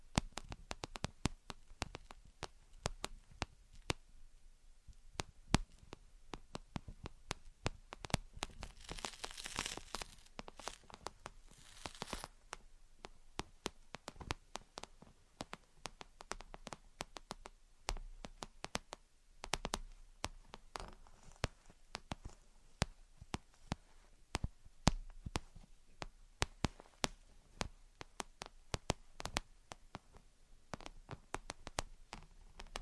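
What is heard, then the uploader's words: Gentle tapping and scratching fills the whole stretch, a dense run of quick, irregular clicks and light taps with no steady beat. Around nine to twelve seconds a brighter, hissy scratching swells briefly, and a few louder taps stand out near twenty seconds. Gentle Tapping and Scratching.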